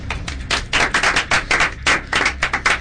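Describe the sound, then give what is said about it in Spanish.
A short round of applause from a few people in praise of a video game: dense, rapid, crisp claps overlapping into a steady patter that holds at an even loudness for about three seconds, with no voices. “Cómo lo han trabajado, lo bien que ha quedado el juego, y sin duda merece un aplauso este juego.”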